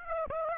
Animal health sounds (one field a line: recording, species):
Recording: mosquito wingbeat signal from an infrared sensor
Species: Aedes aegypti